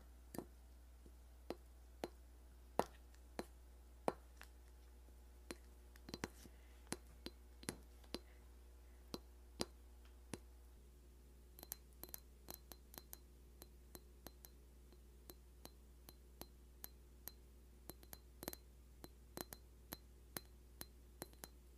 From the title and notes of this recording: Christmas Ornament Tapping (Classic).